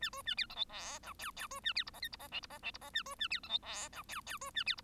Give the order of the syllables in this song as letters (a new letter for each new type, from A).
A B A C D E F G H H B A C I J K I J L I J L I J A B A C D E F G H H B A C I